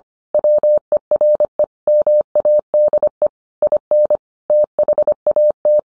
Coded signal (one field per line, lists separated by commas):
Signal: Morse code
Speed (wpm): 25 wpm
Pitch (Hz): 600 Hz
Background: none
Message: WERE MADE IN THAT